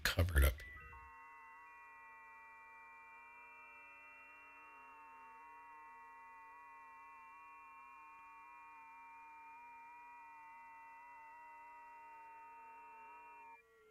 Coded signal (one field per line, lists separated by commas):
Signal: FT8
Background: speech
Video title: HAM RADIO- Sunday Funday Checkin. Q&A?